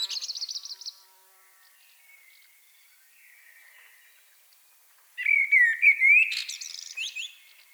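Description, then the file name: Common blackbird song: a fast high trill fades, a pause with faint soft notes, then a loud fluty warble ending in shrill squeaky twitters. "Turdus merula"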